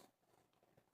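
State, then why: Not seated. A plastic back cover is pressed and worked onto the body of a ZTE Warp 7 smartphone, producing soft, scratchy handling and faint crinkly rustles with no sharp transient. Nothing has seated or clicked yet; the cover is still being handled and not yet home.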